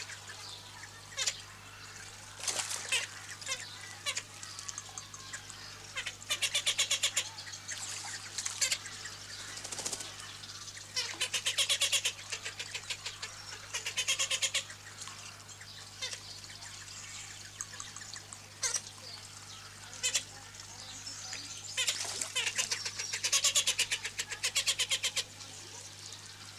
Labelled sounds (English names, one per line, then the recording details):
Blue-billed Teal aggressive call
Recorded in captivity
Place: Zoo Berlin, Berlin, DE
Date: 2006-06-07 16:45
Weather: fair, 16°C
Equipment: Grundig CR 110, Sennheiser ME 80, Kopie Uher 4000 Report Monitor
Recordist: Tembrock, Günter